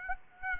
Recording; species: mosquito wingbeat signal from an infrared sensor; Aedes aegypti